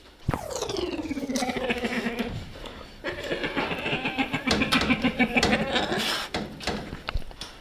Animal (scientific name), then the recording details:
Helarctos malayanus. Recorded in captivity. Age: adult. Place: Tierpark Berlin, Berlin, DE. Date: 1967-12-25 10:30. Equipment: R 20/1, Sennheiser MD 421. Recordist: Tembrock, Günter. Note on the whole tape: Malaienbär: Maulkontakt zwischen zwei Erwachsenen. Lautfolgen. Abstand 1 m